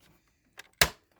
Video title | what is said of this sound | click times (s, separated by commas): Setting Up EE Smart Hub Plus Router 900Mbs | There you go. Hear that click? | 0.8 s